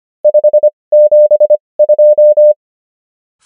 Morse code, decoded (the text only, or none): 572